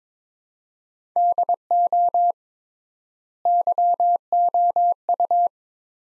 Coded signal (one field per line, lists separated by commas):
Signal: Morse code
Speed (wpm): 22 wpm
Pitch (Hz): 700 Hz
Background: none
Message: DO YOU